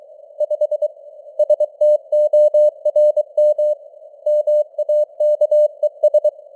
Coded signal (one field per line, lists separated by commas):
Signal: Morse code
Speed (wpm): 23 wpm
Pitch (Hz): 600 Hz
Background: none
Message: 5 STORM MAKES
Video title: Morse Code News | 2025-10-28 | 23wpm